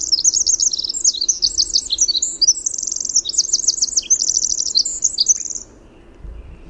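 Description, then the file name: Winter wren song: a bubbling, very high stream of rapid trills and twittering notes lasting about five and a half seconds, then quiet background. "WIWR song"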